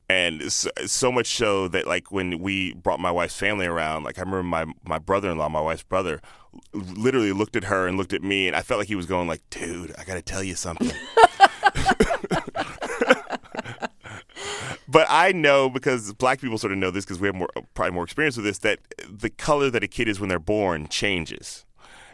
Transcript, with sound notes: and so much so that like when we brought my wife's family around, like I remember my brother-in-law - my wife's brother - literally looked at her and looked at me and I felt like he was going like, dude, I got to tell you something.
(LAUGHTER)
But I know, because black people sort of know this because we have more, probably more experience with this, that the color that a kid is when they're born changes.